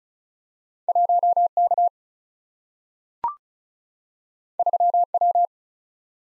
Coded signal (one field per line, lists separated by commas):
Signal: Morse code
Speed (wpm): 36 wpm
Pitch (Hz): 700 Hz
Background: none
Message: 1K 3W